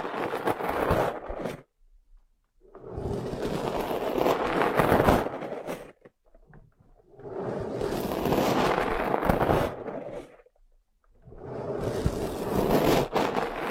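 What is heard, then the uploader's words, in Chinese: Ear massage: dense, crackly rubbing and rustling comes in long bursts of about three seconds, separated by short silent pauses. Each burst is full and scratchy from low to bright, with small sharp clicks and pops scattered through it. 按摩耳朵，一些让人放松的声音。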